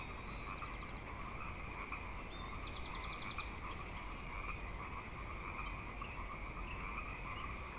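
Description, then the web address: Frogs trill continuously in an even chorus; brief series of rapid high notes cut in during the first few seconds. Frog chorus at Grafton Lake, recorded 3 May 2009. "The Frog Chorus Tunes Up On Grafton Lake"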